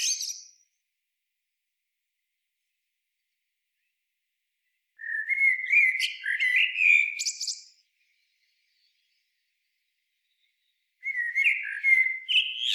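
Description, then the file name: Eurasian blackbird song in separate phrases a few seconds apart, each a fluted, wandering warble followed by high chattering squeaks, with quiet gaps between. "Turdus merula"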